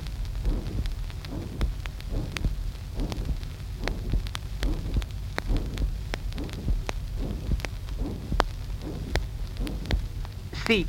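Heart by stethoscope at about 72 beats per minute: a coarse, uniform murmur occupying all of systole from a ventricular septal defect. It is heard at the left sternal border in the 3rd and 4th intercostal spaces, may also be heard on the back in the left interscapular space, and is not conducted to the great vessels.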